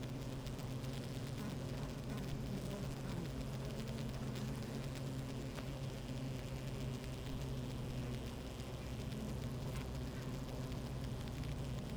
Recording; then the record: honeybee colony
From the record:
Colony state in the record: active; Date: 28 July 2017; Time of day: 12:09